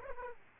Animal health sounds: mosquito wingbeat signal from an infrared sensor; Aedes aegypti

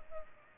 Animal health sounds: mosquito wingbeat signal from an infrared sensor; Culex pipiens

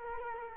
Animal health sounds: mosquito wingbeat signal from an infrared sensor; Culex quinquefasciatus

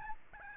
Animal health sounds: mosquito wingbeat signal from an infrared sensor; Aedes albopictus

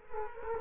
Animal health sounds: mosquito wingbeat signal from an infrared sensor; Culex quinquefasciatus

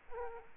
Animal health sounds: mosquito wingbeat signal from an infrared sensor; Aedes aegypti

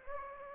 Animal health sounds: mosquito wingbeat signal from an infrared sensor; Anopheles gambiae

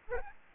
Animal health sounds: mosquito wingbeat signal from an infrared sensor; Aedes albopictus

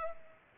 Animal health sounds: mosquito wingbeat signal from an infrared sensor; Culex pipiens

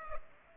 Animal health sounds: mosquito wingbeat signal from an infrared sensor; Culex pipiens

